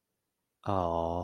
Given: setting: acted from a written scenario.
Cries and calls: vocal sound without words; adoration

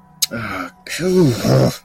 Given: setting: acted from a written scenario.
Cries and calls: vocal sound without words; shame

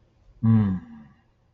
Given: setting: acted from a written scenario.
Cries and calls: vocal sound without words; romantic love

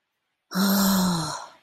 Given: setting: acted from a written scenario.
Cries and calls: vocal sound without words; fear

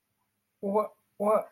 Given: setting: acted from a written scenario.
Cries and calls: vocal sound without words; confusion

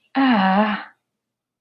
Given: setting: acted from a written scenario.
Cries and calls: vocal sound without words; pain

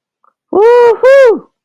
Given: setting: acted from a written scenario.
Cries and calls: vocal sound without words; triumph

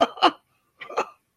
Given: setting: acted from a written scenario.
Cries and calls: vocal sound without words; positive surprise

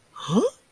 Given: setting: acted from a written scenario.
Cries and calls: vocal sound without words; confusion

